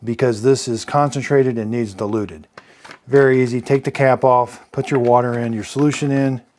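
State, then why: Not seated. Someone talks while handling the clean water tank of a Shark MessMaster Hydrovac WD261 wet-dry vacuum, taking the cap off and filling it with water and concentrated solution that needs diluting. Nothing has seated or clicked yet; the tank has not been pushed into the vacuum.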